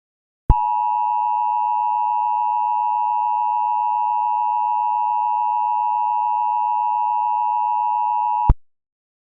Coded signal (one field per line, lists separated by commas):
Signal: Emergency Alert System (SAME) tones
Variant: 853 and 960 Hz attention tone